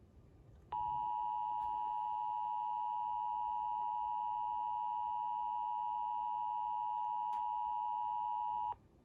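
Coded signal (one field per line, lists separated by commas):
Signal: Emergency Alert System (SAME) tones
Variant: 853 and 960 Hz attention tone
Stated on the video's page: Meme parody alert, not a real activation.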